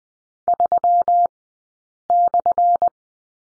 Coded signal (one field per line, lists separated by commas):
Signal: Morse code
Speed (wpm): 20 wpm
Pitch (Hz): 700 Hz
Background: none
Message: 3/